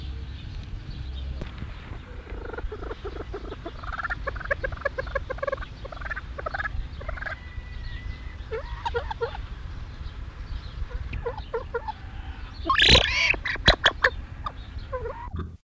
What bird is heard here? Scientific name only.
Syrmaticus reevesii